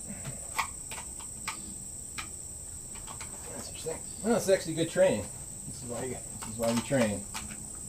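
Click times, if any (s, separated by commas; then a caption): none. A detachable box magazine is handled at the magazine well of a Savage bolt-action scout rifle, with faint scattered taps under a steady high-pitched cricket-like chirring while someone talks. Nothing has seated or clicked yet.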